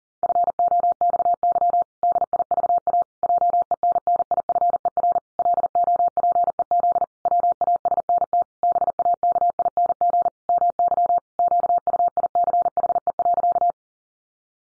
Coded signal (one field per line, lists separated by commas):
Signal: Morse code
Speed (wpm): 40 wpm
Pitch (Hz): 700 Hz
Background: none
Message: FOXY DIVA JENNIFER LOPEZ WASNT BAKING MY QUICHE.